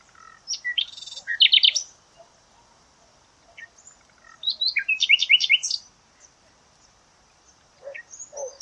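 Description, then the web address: Bird song in short bursts of bright, high chirped notes, with a quick rapid phrase near the start, another busy phrase midway and a few lower notes at the end. "cianscape birddata Deverinetal 2025 File origin Bird Only"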